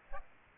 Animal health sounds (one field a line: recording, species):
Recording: mosquito wingbeat signal from an infrared sensor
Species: Aedes aegypti